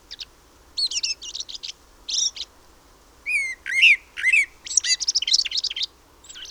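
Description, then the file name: Common blackbird giving high chittering notes and rapid squeaky chirps, with a few clearer fluty slurs in the middle, grouped into quick bursts. "Turdus merula"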